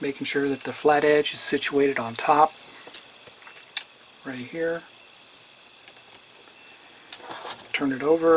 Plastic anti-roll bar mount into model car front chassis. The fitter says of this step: The way this is done, of course, it just snaps in on top here,